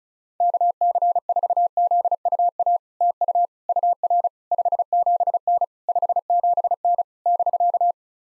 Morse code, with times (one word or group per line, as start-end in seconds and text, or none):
0.4-2.8 KC4ZUA
3.0-3.5 TU
3.7-4.3 UR
4.5-5.6 57N
5.9-7.0 57N
7.3-7.9 <BK>